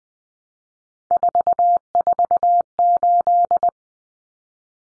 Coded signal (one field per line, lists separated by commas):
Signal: Morse code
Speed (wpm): 20 wpm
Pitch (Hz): 700 Hz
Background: none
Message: 448